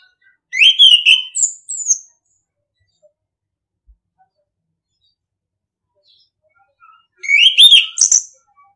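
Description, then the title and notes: Orange-headed thrush singing two loud phrases of rich whistles and high squeaky notes, several seconds apart, with silence between. Masteran (training) song in the ngeplong style. "ANIS KEMBANG NGEPLONG. Masteran Anis Kembang"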